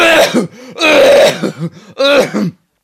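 An adult imitates a strange dry cough like the one during COVID-19 infection: it does not rattle, nothing comes up and nothing needs to be swallowed again, sounding like a fake cough, as when people pretend to cough.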